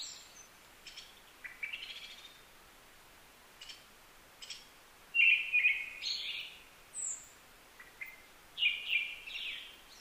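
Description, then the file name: Brown-headed thrush singing short whistled phrases followed by high, thin trailing notes, with scattered faint clicks and brief high notes between phrases. Recorded 15 May 2010 at 18:56. "akahara-20100515-1856"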